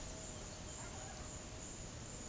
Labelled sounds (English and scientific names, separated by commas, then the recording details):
none
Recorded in pastures near Puerto Asís, Putumayo, Colombia, on 23 June 2025 at 09:30
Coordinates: 0.472, -76.331
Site G095